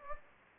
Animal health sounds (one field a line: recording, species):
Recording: mosquito wingbeat signal from an infrared sensor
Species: Anopheles gambiae